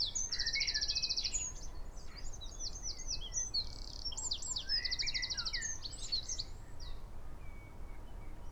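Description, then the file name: Eurasian wren song with two long, even, buzzy high trills separated by quick chattering notes and some lower slurred calls. "Troglodytes troglodytes"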